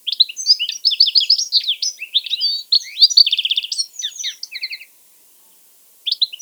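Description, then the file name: European goldfinch twittering song, dense tinkling chirps and a buzzy rattle, then a pause of about a second before the twittering resumes. "Carduelis carduelis"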